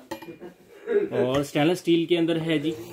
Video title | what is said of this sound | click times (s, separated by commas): HAVELLS hand blender HOW TO USE कैसे इस्तेमाल करे | एरो को एरो से मैच करना होता है, लॉक की तरफ पुश करेंगे ये लॉक हो जाता है इजीली। | 0.1 s